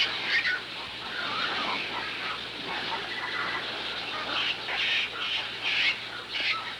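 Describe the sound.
Bird sounds, layered high chirps and squawky notes overlapping throughout, busier bursts near the end, over constant hiss.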